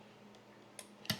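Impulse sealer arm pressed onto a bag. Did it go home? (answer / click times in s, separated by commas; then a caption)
yes / 1.1 s. The arm of an impulse sealer is pressed down onto the open end of a plastic food bag, with faint ticks at 0.4 s and 0.8 s before a sharp, louder click at 1.1 s. That click signals the seal is done.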